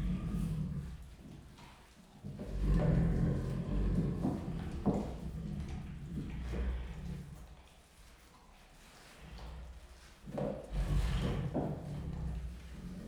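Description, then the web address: Siberian tiger growling in low, rough rumbles that swell and fade, with chewing and rubbing noises. Captive Siberian tigers at Miskolc Zoo growling and rasping while eating, 2018. "allathangok miskolcizoo 2018 sziberiai tigris morogvahorogveesznek miskolczoo"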